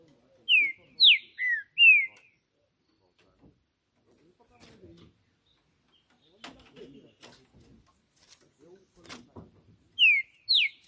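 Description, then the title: Green-winged saltator song: a phrase of three or four slurred whistles, a long near-silent gap with faint taps, then two more whistles at the end. Singing on a roof during a song contest between birds named Justiceiro and FBI; described as chirping, singing and showing male aggression. "Esse É PERFEITO Para ESQUENTAR Seu TRINCA Piando, Cantando E Macheando Na DISPUTA. Trinca Ferro CANTANDO MUITO de CARA em CIMA do TELHADO! Disputa INSANA!! TRINCA JUSTICEIRO & FBI"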